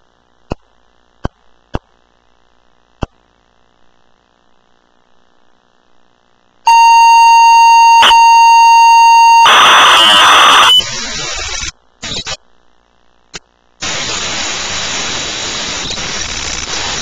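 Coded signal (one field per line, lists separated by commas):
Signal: ZX Spectrum tape loading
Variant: fast loader, 27 kbps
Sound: four clicks, a three-second steady buzzy tone, then harsh hissing data bursts with short gaps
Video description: Loading a 48k snapshot of Manic Miner into a real Spectrum+ in only 14.5 seconds using programm k7zx 4.0 and a PC soundcard (Yamaha DS1x).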